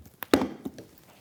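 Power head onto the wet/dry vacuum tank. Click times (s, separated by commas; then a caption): 0.3 s. A battery power unit for a Flex 24V cordless wet/dry vacuum is lowered onto the plastic vacuum tank. After a light tap at 0.2 s, it drops down into place with a heavy thunk at 0.3 s, followed by a few softer knocks. The power head is seated on the tank.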